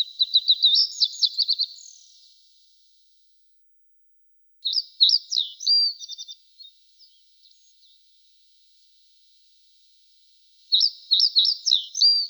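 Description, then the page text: Pine bunting singing three trilled phrases separated by silent pauses. "Звук Белошапочная овсянка поет трели"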